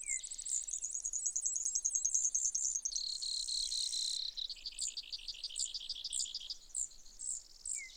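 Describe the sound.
Brewer's sparrow singing a high, continuous chain of trills and buzzes, dropping to a lower dry rattle midway, then separate sharp notes.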